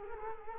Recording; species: mosquito wingbeat signal from an infrared sensor; Culex quinquefasciatus